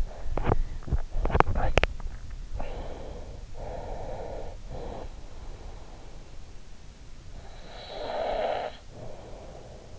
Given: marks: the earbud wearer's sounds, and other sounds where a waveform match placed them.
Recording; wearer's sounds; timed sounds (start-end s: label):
sounds in sleep by an in-ear microphone; teeth grinding, talking in sleep, breath, snoring breath
0.00-2.20 s: teeth grinding
2.69-3.62 s: talking in sleep
3.66-5.31 s: breath
7.31-9.99 s: snoring breath